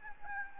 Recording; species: mosquito wingbeat signal from an infrared sensor; Aedes albopictus